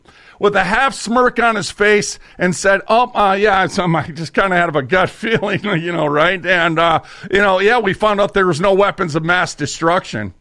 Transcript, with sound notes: With a half smirk on his face and said, "Oh, uh, yeah, something I just kind of had of a gut feeling, (laughs) you know, right? And, uh, you know, yeah, we found out there was no weapons of mass destruction."